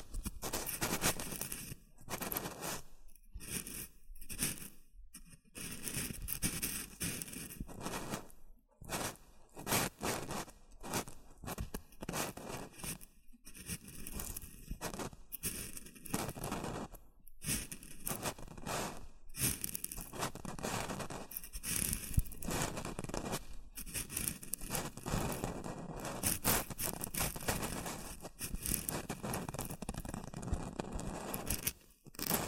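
Shredded tissue and packing peanuts rustle and crinkle almost without pause, a dense, bright crackle full of quick sharp snaps. Short silent gaps break the handling near 5, 9 and 17 seconds, and a clear pause comes at the very end.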